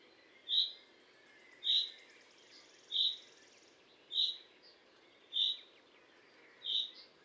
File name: Fringilla coelebs